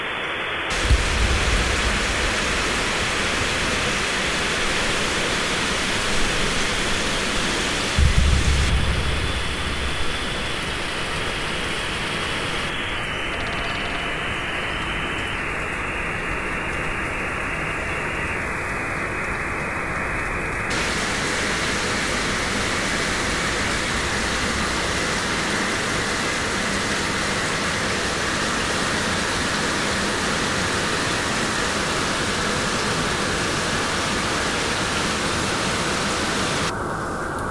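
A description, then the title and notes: Steady, dense rushing noise like rain or water, its top edge dulling in steps, with low thumps near the start and around nine seconds. A websdr recording from is the frame, starting getting from narrow band to wide band and back. Field recordings of rauschen-like noises (rain, wind, park, water, electronics). Some FX, mostly reverb.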